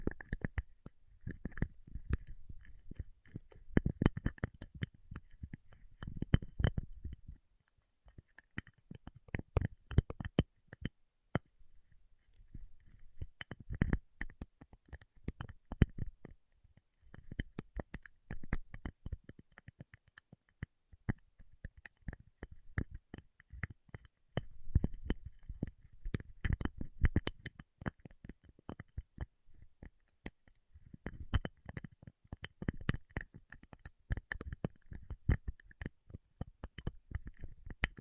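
Paraffin wax being peeled, tapped and scratched: dense bursts of crisp clicks and scrapes, with brief pauses near seven, twenty and thirty seconds.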